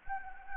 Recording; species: mosquito wingbeat signal from an infrared sensor; Anopheles gambiae